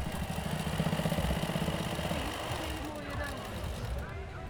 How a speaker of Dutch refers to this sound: Heel, heel subtiel geluid van de naaimachine.